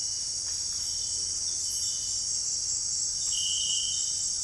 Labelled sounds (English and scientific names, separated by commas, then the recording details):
none
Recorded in dense forest near Puerto Asís, Putumayo, Colombia, on 20 December 2024 at 18:00
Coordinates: 0.484, -76.325
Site G056